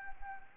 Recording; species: mosquito wingbeat signal from an infrared sensor; Anopheles arabiensis